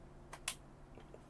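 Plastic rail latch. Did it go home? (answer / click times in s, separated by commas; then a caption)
yes / 0.5 s. A third-party Omelet Pro+ Joy-Pad controller half is slid down the side rail of a Nintendo Switch handheld console until it latches. A faint tick comes at about 0.3 s, then a sharp, bright click at 0.5 s as it seats, followed by a couple of quieter ticks. The controller half is seated on the rail.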